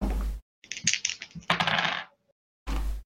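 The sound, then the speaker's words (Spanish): A pair of six-sided dice, rolled for damage in a game, clatter and tumble across a hard surface in a quick burst of sharp, bright clicks, then settle into silence. No one speaks. “Pues tira 2 dados de 6.”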